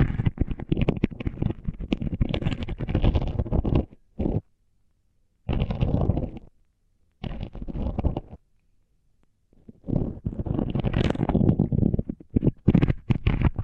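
Rough, crackling scratching on taped-over mics comes in dense bursts separated by silent gaps, with sharp ticks and scrapes throughout each burst.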